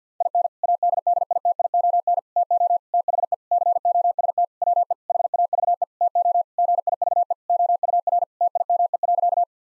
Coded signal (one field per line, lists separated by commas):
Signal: Morse code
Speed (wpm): 50 wpm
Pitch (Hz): 700 Hz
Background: none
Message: IN ADDITION TO THE COST WE HAVE TO GIVE OUR TIME.